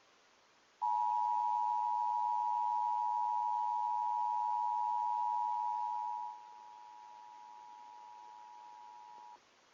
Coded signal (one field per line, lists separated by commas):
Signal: Emergency Alert System (SAME) tones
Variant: 853 and 960 Hz attention tone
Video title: EAS tests from last week [EAS #482-485]